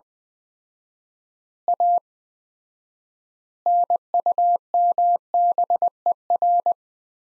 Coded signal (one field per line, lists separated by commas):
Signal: Morse code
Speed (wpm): 21 wpm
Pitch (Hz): 700 Hz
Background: none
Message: A NUMBER